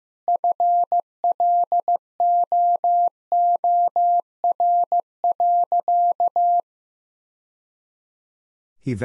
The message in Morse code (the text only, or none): FLOOR.